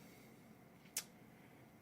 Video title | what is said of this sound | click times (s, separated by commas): Installing 10 Gigabit SFP transcievers & fiber optic links between switches | and slide it in nicely until it clicks there you go don't latch it | 1.0 s